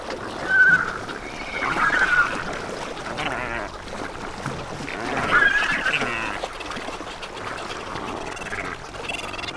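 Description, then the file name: Wandering albatross giving harsh, braying calls in several bursts over a rushing background. "VAndringsalbatross"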